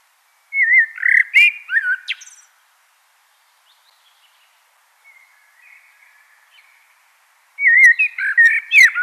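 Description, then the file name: Common blackbird: a short warbling fluted phrase with a chirpy end, quiet soft notes in the gap, then another burst of mellow whistles. "Turdus merula"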